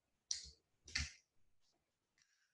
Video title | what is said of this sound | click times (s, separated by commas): 5월1일 아이키트,인공지능 온라인 쌍방향 교육연수 영상3 | 딱 소리가 나야 됩니다. 그렇죠? | 0.3 s